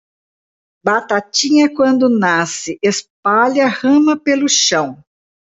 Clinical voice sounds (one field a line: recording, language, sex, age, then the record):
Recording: short text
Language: Brazilian Portuguese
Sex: female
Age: 60 to 69 years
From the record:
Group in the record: control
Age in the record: 68 years